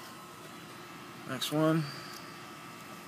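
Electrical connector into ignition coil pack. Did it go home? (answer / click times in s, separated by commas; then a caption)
no / none. A plastic electrical connector is handled at an ignition coil pack on a Chevy Cobalt during a spark plug change. Someone talks briefly around 1.3–1.9 s over a steady background hum, and nothing has seated or clicked yet.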